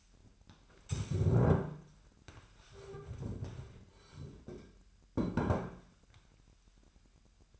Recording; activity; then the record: daily activity, microphone in the room; stand up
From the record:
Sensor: 2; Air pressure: 998.4 hPa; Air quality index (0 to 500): 125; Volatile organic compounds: 3 ppm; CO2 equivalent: 1409 ppm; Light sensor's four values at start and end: 6/14/6/6 and 5/11/5/5